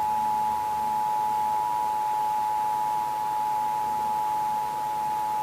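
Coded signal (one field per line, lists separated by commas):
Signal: Emergency Alert System (SAME) tones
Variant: 853 and 960 Hz attention tone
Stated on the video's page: Texas required monthly test, heard on several radio and TV stations.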